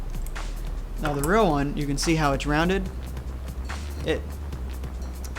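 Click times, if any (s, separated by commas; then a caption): 5.2 s. Someone talks while the rounded metal latch of a genuine BM 42 butterfly knife is closed onto the handle. At 5.3 s it snaps into the handle's latch hole with a short, sharp click, seating properly, unlike the fake's flat latch, which only sits over the hole.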